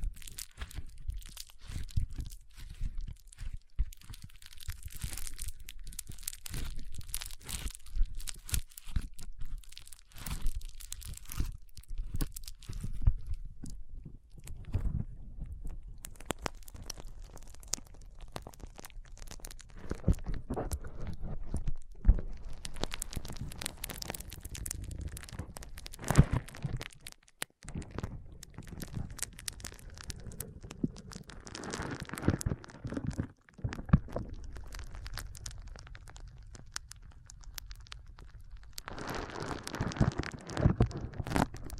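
Foam being squeezed and rubbed in dense, fast crackling and crunching bursts, with brief near-silent pauses around 27 and 33 seconds.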